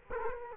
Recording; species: mosquito wingbeat signal from an infrared sensor; Culex quinquefasciatus